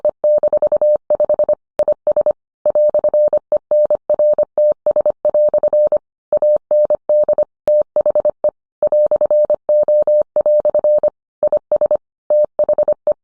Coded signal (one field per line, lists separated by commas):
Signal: Morse code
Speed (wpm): 25 wpm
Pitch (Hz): 600 Hz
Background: none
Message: E-5 IS "ENRTS" AND THE "O" IS THE